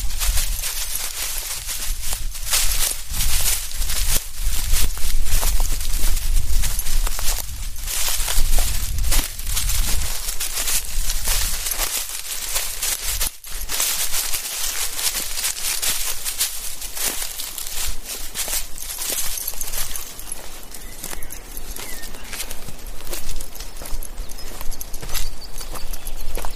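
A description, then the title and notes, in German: An evening walk with a dog in the woods: steady crunching footsteps and rustling throughout, with a low rumble and scattered sharp clicks. Abends mit dem Hund im Wald. Aufnahme eines Spaziergangs im Wald.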